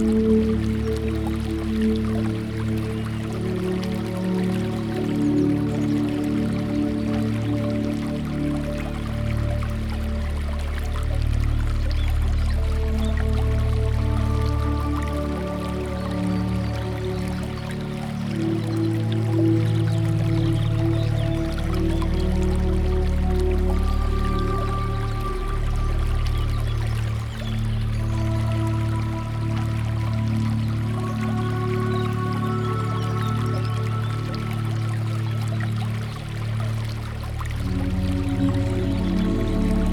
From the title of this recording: Water Running Through the Garden